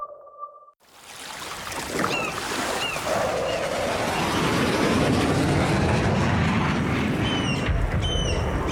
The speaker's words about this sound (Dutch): Wist je dat er precisieaanvallen uitgevoerd worden op de natuur van de Wadden? Laagvliegende straaljagers schieten met scherp.